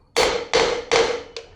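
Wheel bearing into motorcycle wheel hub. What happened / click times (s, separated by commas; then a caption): The bearing was driven home and bottomed out / 0.2 s, 0.5 s, 0.9 s. A metal wheel bearing is hammered into a motorcycle wheel hub. Three heavy blows land at about 0.2, 0.5 and 0.9 seconds, each a solid, ringing clunk, followed by a lighter tap at 1.4 seconds. The blows take on the solid clunk of a bottomed-out bearing, and the bearing is driven home and seated.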